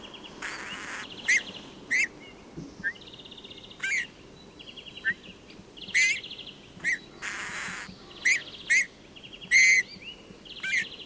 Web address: chant xeno-canto bouvreuil pivoine